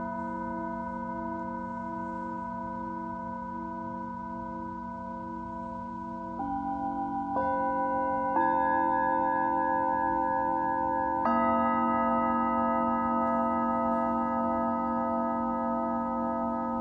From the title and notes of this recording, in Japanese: シンギングボウルのサウンドヒーリング。チベタンシンギングボウルの響きで 始まりを祝う夜。